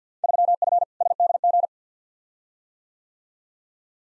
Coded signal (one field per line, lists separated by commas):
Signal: Morse code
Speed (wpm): 50 wpm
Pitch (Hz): 700 Hz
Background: none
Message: 3F SDG